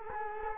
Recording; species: mosquito wingbeat signal from an infrared sensor; Culex quinquefasciatus